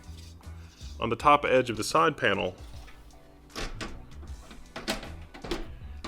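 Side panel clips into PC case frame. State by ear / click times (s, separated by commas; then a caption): partly seated / 3.8 s, 4.8 s, 6.1 s. A swapped glass or solid side panel with plastic clips is pressed onto the frame of a be quiet! Pure Base 500 FX PC case while someone talks over background music. Clicks land at about 3.8, 4.8 and 6.1 seconds. The clips snap in along the bottom edge, but the top edge won't snap in because the case has no holes there.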